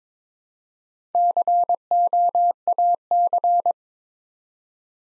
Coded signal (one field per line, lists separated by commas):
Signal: Morse code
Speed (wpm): 22 wpm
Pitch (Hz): 700 Hz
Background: none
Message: COAC